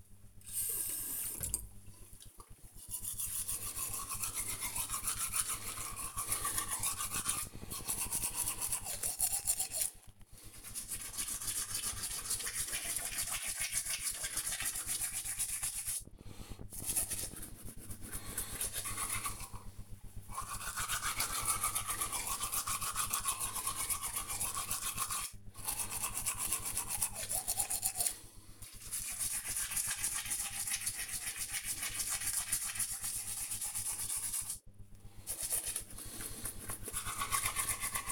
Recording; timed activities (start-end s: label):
household activities, microphone on the right wrist
0.00-38.12 s: brushing teeth